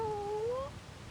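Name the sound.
cat meowing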